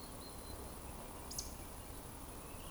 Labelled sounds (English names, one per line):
Eurasian Woodcock whistle
Eurasian Woodcock croak